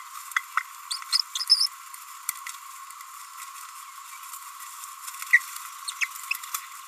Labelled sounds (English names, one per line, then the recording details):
Green-rumped Parrotlet babbling
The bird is a female
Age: 29 days
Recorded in a nest box in Venezuela
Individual 17B42A4